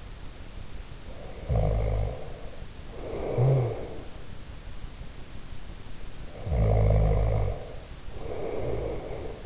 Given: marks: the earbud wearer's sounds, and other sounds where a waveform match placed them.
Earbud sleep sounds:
sounds in sleep by an in-ear microphone; snoring breath
1.04-4.24 s: snoring breath
6.35-9.46 s: snoring breath

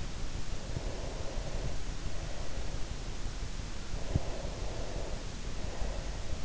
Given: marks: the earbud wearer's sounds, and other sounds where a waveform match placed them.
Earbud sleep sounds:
sounds in sleep by an in-ear microphone; breath
0.81-2.89 s: breath
3.92-6.45 s: breath

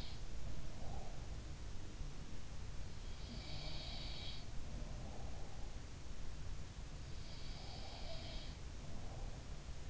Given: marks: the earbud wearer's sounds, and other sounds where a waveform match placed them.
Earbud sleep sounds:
sounds in sleep by an in-ear microphone; breath
0.00-1.29 s: breath
3.03-4.45 s: sound from someone else or the room
7.34-8.67 s: sound from someone else or the room

